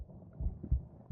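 A single heartbeat: two soft, deep thumps close together, the familiar lub-dub, picked up through a microphone pressed against an adult woman's chest. Faint low body rumble sits underneath. Too short to judge rate or rhythm.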